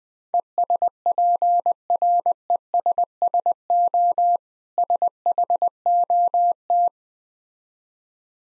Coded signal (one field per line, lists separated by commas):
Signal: Morse code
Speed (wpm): 20 wpm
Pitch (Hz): 700 Hz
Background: none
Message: ESPRESSO SHOT